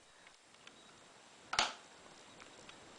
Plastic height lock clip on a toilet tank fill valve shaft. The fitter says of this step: Lock the proper height adjustment in place by pushing the white lock up over the DOT it should snap in place